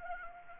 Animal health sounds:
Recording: mosquito wingbeat signal from an infrared sensor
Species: Anopheles arabiensis

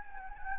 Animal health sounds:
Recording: mosquito wingbeat signal from an infrared sensor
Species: Anopheles gambiae

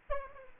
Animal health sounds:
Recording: mosquito wingbeat signal from an infrared sensor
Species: Aedes aegypti

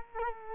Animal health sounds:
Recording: mosquito wingbeat signal from an infrared sensor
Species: Culex quinquefasciatus

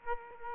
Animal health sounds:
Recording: mosquito wingbeat signal from an infrared sensor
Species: Aedes aegypti

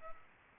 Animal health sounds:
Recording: mosquito wingbeat signal from an infrared sensor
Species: Culex pipiens

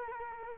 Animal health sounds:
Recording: mosquito wingbeat signal from an infrared sensor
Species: Culex quinquefasciatus

